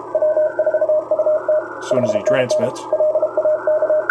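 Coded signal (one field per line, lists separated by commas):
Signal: Morse code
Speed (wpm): 32 wpm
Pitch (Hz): 620 Hz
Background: speech, radio noise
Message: W4UT 5NN LAK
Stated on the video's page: CW operation using band pass and notch filters to eliminate QRM.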